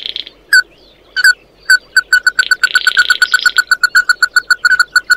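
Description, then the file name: Red-eyed bird (chim mắt đỏ): red-eyed bird calling: clear mid-pitched notes, first spaced singly, then speeding into a rapid even series of piping notes, with a harsh buzzy burst in the middle. "Tieng chim mat do"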